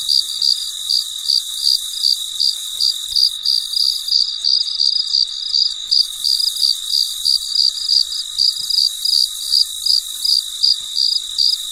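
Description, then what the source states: Cricket giving steady high chirps about three times a second, layered over a persistent hissing hum. Late at night, in deep quiet.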